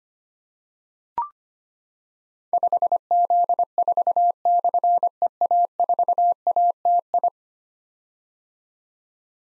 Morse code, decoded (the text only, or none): 5Z4/EA4ATI